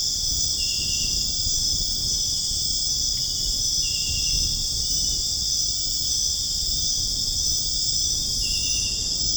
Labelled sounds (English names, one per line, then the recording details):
none
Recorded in dense forest near Puerto Asís, Putumayo, Colombia, on 23 June 2025 at 23:30
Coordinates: 0.481, -76.323
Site G072